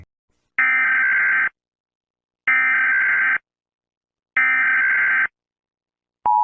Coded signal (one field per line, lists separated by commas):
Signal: Emergency Alert System (SAME) tones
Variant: header bursts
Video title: The Z Virus - an EAS scenario